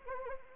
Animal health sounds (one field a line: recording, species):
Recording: mosquito wingbeat signal from an infrared sensor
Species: Anopheles arabiensis